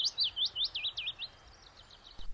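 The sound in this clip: Bird singing a series of slurred, looping whistled notes that wind up and down, fading toward the end before a short burst of sound.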